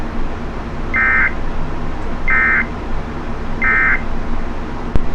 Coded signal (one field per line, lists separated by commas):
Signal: Emergency Alert System (SAME) tones